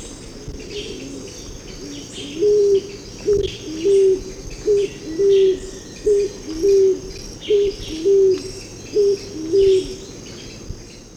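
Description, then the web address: Scaled pigeon cooing: a steady series of several short, low, hollow coos over a constant high-pitched insect chorus. Ecuador. "Birds of Ecuador. Scaled Pigeon"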